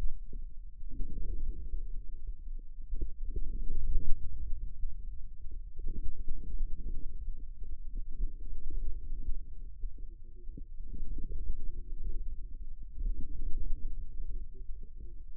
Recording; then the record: forearm muscle sounds (acoustic myography)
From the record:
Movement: inward rotation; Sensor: system 2, bracelet of six BSWA MPA416 microphones around the upper forearm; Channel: 5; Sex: male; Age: 22 years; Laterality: right